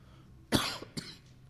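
Two short, harsh coughs from an adult man during a sermon, the first louder, in a quiet room.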